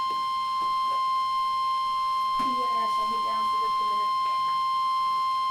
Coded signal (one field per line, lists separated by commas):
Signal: Emergency Alert System (SAME) tones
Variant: 1050 Hz attention tone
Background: speech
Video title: NOAA Weather Radio: Severe Thunderstorm Warning (EAS #25)